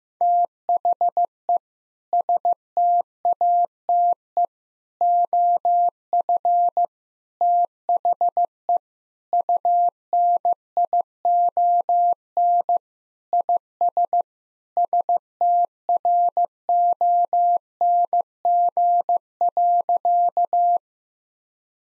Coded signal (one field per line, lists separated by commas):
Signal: Morse code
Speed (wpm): 15 wpm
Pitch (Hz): 700 Hz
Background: none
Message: THE STATE OF THE UNION IS STRONG.